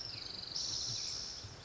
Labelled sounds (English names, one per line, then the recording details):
Spotted Towhee
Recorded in Sonoma County, California